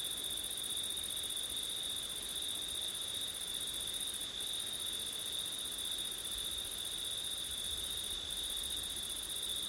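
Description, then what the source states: Steady cricket trilling, a high, ringing buzz running without a break, with a second, higher trill and low, soft wind rustle beneath. Crickets singing on a September night in wind, recorded with an ORTF setup.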